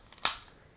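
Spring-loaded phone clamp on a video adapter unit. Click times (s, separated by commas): 0.2 s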